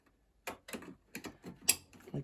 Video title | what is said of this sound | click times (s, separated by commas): It started out as a simple job, swap out the power switch, then this happened! | that and it just snaps in place with a little tab on top okay | 1.7 s